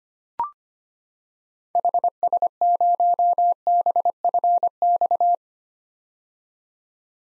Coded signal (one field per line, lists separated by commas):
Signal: Morse code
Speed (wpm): 25 wpm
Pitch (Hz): 700 Hz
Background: none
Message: HS0BFX